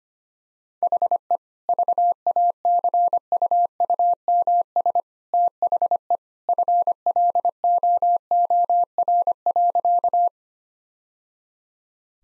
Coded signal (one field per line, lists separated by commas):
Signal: Morse code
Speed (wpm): 25 wpm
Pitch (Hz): 700 Hz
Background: none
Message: HE VACUUMS THE FLOOR.